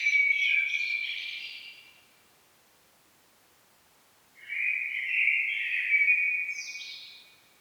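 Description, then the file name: Common blackbird song: the tail of one phrase fades out, then after a quiet gap a fresh mellow warble rises to squeaky high notes. "Turdus merula"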